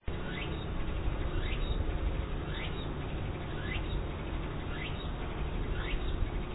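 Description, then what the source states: Walker's cicada song: six or so upward-sliding phrases at regular one-second intervals, set against continuous low background noise. Recorded 19 August 2007; local name tsukutsuku.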